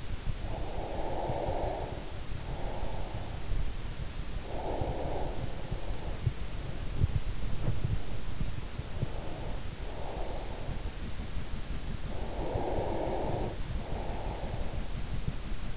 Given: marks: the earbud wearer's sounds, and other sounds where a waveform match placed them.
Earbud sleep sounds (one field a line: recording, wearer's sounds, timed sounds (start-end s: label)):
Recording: sounds in sleep by an in-ear microphone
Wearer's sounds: breath, swallowing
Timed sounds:
0.38-3.54 s: breath
4.40-6.21 s: breath
6.21-9.09 s: swallowing
9.09-10.85 s: breath
12.10-15.04 s: breath